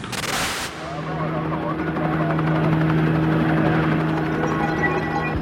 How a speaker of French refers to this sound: Dans le ciel de Los Angeles, les hélicoptères des différentes chaînes de télé survolent la ville à la recherche de la Ford Bronco blanche